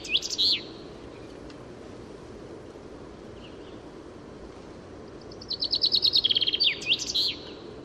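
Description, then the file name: Common chaffinch song: a brief bright phrase at the start, then quiet, then a full song of rapid repeated notes ending in a quick flourish near the end. "Fringilla coelebs"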